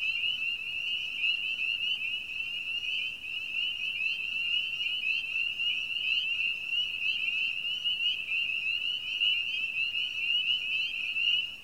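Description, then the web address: Spring peepers in a dense chorus: countless high piping peeps merging into a continuous shrill ringing that holds steady throughout. Spring peepers, Virginia, 2013. "the virginias spring peepers"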